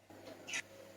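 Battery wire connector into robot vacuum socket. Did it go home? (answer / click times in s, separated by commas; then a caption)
no / none. A replacement battery's wire plug is pushed into the connector socket of a robot vacuum. Faint handling noise starts at about 0.1 s, followed by a brief brighter rustling burst around 0.5–0.6 s. The connector has not clicked in or seated yet.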